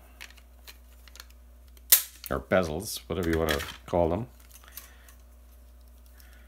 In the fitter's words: snap the cases in